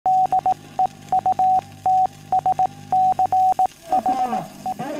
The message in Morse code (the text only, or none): DEUTSCHE